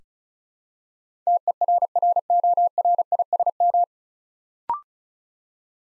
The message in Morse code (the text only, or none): TERRORISM